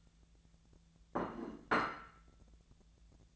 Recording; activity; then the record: daily activity, microphone in the room; place plate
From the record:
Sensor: 3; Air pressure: 1000.2 hPa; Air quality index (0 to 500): 138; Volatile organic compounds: 2 ppm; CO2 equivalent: 1229 ppm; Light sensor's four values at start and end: 34/86/37/40 and 34/86/37/40